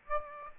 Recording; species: mosquito wingbeat signal from an infrared sensor; Aedes aegypti